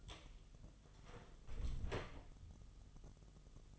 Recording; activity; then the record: daily activity, microphone in the room; close door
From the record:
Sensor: 4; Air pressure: 1005.8 hPa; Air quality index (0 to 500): 83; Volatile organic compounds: 2 ppm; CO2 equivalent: 1018 ppm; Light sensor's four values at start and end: 13/30/12/11 and 13/31/12/11